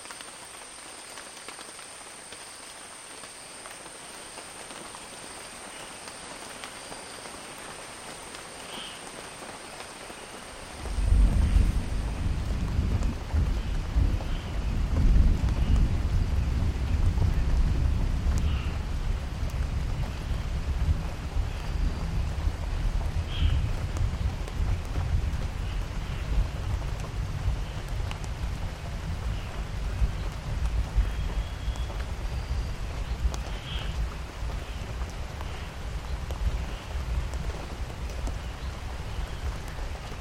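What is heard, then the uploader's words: Rain falls on forest vegetation, starting as a soft, steady patter with a thin high whine for the first eleven seconds. Then a deep, heavy rumble surges in and holds, easing slowly toward the end, with occasional bright drop ticks above it. Wild Rain is a collection of rain soundscapes recorded in 4 rainforests across 3 continents. The library features rain falling on vegetation and forest floor, from sparse drops to moderate and heavy rain.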